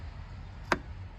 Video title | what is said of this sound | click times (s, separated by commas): Tail light removal and bulb replacement for 1999-2005 Mazda Miata / Eunos. | there you go there's the click | 0.7 s